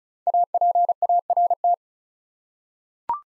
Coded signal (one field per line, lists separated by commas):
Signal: Morse code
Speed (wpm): 36 wpm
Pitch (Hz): 700 Hz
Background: none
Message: APART